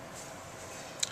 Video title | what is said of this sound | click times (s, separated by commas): CPU Removal | and then lock it back down | 1.0 s